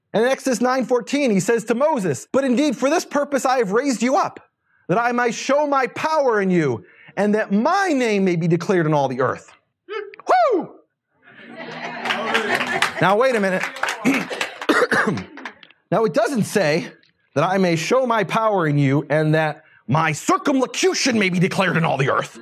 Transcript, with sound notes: And in Exodus 9:14 He says to Moses, “But indeed, for this purpose I have raised you up that I might show My power in you and that My name may be declared on all the earth.” Hoo!
Yeah, Amen. [applause]
Now, wait a minute. It doesn’t say, “That I may show My power in you and that My circumlocution may be declared on all the earth!”